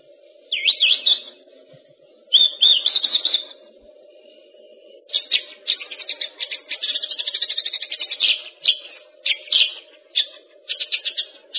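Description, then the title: Bird song of fast, varied chirps, sweeping whistles and rattling trills, in bursts separated by short pauses, over a steady low hum. Used for training songbirds. "Masteran"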